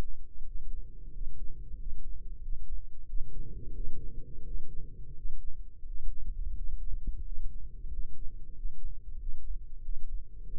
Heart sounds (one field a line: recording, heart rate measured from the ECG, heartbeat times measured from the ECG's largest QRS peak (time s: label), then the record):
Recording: heart sounds by microphone in the left ear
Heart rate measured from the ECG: 90 bpm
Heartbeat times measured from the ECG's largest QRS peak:
0.44 s: heartbeat
1.11 s: heartbeat
1.76 s: heartbeat
2.41 s: heartbeat
3.05 s: heartbeat
3.73 s: heartbeat
4.44 s: heartbeat
5.14 s: heartbeat
5.84 s: heartbeat
6.53 s: heartbeat
7.22 s: heartbeat
7.88 s: heartbeat
8.54 s: heartbeat
9.18 s: heartbeat
9.81 s: heartbeat
10.47 s: heartbeat
From the record:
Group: healthy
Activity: rest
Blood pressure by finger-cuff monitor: 113/71 mmHg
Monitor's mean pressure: 85 mmHg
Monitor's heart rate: 88 bpm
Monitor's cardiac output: 7.6 L/min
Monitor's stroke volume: 87 mL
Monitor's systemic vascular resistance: 820 dyn s/cm5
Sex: male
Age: 33 years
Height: 179 cm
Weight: 80.4 kg